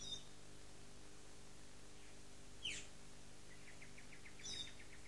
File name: Green Figbird rushck